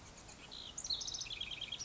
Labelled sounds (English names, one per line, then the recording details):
House Wren
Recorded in Sonoma County, California